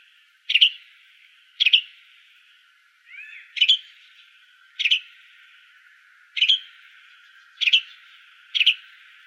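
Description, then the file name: Flame-colored tanager calls: sharp, high double-noted chips repeated every one to two seconds, seven in all, with a faint softer slurred note just before the third. "FCTA CALLS 2 deviche"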